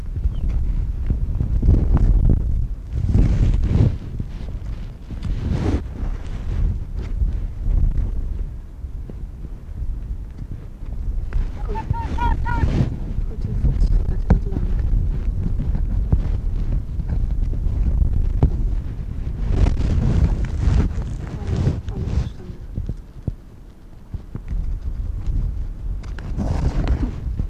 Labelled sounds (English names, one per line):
Arctic Fox